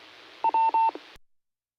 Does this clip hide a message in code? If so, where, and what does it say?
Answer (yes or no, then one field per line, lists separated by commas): no